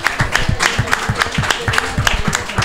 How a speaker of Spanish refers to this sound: Y ya que estamos aplaudiendo, de nuevo pido un fuerte aplauso para toda la gente de la librería Esa Cultural por esta Comic Con que se ha currado desde las 10 de la mañana.